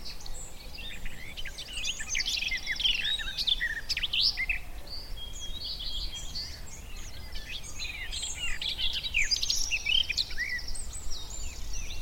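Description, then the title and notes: Garden warbler song, a long, fast, continuous warble of mixed fluted and scratchy notes running throughout, with a low rumble of background noise. Male, a migrant, singing in spring on a scrubby hillside among hawthorns in bloom; described as fluted, frenetic song. "Sound escape 65: be enchanted by the little-known song of the garden warbler. As the scrubby hillside hawthorns burst into burst into bloom, the musky vanilla perfume of the white mayflowers encourages a male garden warbler into his fluted song. Recorded by Fergus Collins"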